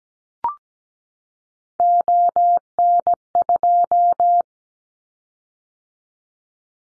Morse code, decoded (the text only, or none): ON2